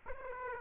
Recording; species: mosquito wingbeat signal from an infrared sensor; Aedes aegypti